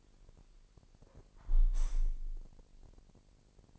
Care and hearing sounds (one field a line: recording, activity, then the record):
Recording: daily activity, microphone in the room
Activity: close window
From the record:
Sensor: 5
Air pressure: 1000.1 hPa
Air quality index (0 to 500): 249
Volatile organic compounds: 35 ppm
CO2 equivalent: 3060 ppm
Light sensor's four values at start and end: 34/80/32/30 and 34/80/32/30